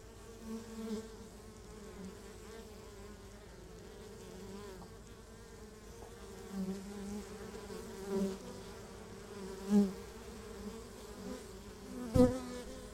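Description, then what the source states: Honey bee drone, a soft continuous hum with occasional louder passes and a sharp tap near the end. Beehive at Laren Gld., July 17th 2015; not a binaural recording.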